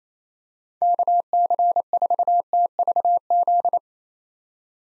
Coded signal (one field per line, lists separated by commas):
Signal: Morse code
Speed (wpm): 28 wpm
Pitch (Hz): 700 Hz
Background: none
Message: KC4TVZ